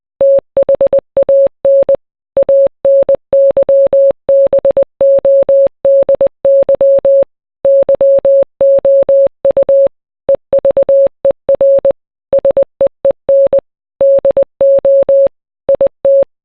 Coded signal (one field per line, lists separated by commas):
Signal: Morse code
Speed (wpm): 20 wpm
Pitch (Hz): 550 Hz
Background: none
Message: THAN ANYBODY YOU EVER SEEN DO IT